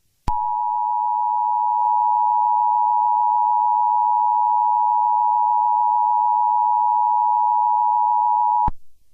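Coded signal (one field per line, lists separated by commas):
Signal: Emergency Alert System (SAME) tones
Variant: 853 and 960 Hz attention tone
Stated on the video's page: Fictional EAS scenario about an alien attack, simulated alert made with an EAS creator tool and text-to-speech.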